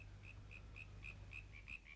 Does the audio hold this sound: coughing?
no